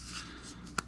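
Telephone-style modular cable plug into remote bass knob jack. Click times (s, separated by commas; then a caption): 0.8 s. A telephone-style modular cable plug is pushed into the remote bass knob jack of an AudioZerOne ZE 2000.1 mono amplifier over a low, steady background hiss. A single sharp click at 0.8 s marks the plug locking into place so it doesn't pop off easily.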